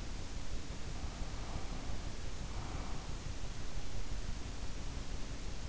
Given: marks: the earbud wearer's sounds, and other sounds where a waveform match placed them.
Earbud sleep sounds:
sounds in sleep by an in-ear microphone; breath
0.85-3.11 s: breath

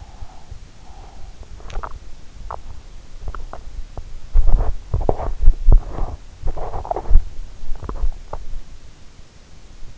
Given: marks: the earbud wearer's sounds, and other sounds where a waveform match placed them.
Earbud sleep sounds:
sounds in sleep by an in-ear microphone; breath, body movement
0.00-1.55 s: breath
1.50-8.55 s: body movement

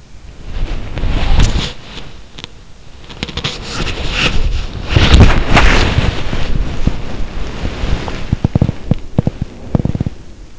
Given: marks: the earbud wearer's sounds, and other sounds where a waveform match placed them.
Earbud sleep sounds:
sounds in sleep by an in-ear microphone; body movement
0.25-10.58 s: body movement

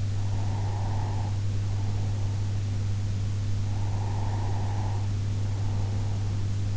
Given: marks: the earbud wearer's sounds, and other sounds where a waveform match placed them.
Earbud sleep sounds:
sounds in sleep by an in-ear microphone; breath
0.41-2.68 s: breath
3.61-6.65 s: breath

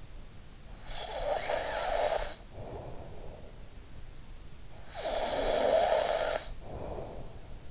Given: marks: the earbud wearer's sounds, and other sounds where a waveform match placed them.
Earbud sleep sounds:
sounds in sleep by an in-ear microphone; snoring breath
0.51-3.82 s: snoring breath
4.62-7.71 s: snoring breath

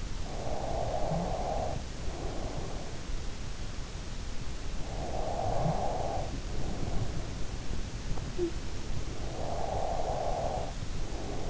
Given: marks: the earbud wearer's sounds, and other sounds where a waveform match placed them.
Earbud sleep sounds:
sounds in sleep by an in-ear microphone; snoring breath, body movement, breath
0.00-2.86 s: snoring breath
0.99-7.54 s: body movement
4.44-7.25 s: breath
8.88-11.50 s: snoring breath

